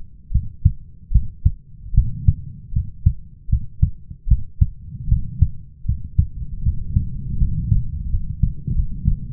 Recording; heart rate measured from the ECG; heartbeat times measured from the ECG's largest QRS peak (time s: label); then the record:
heart sounds by stethoscope; 78 bpm
0.32 s: heartbeat
1.12 s: heartbeat
1.94 s: heartbeat
2.73 s: heartbeat
3.49 s: heartbeat
4.28 s: heartbeat
5.08 s: heartbeat
5.85 s: heartbeat
6.63 s: heartbeat
7.38 s: heartbeat
8.09 s: heartbeat
8.74 s: heartbeat
From the record:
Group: healthy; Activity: rest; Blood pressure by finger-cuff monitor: 121/81 mmHg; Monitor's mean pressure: 89 mmHg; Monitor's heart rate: 77 bpm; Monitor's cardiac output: 5.7 L/min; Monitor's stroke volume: 74 mL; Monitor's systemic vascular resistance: 1150 dyn s/cm5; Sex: male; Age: 21 years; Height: 170 cm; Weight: 71 kg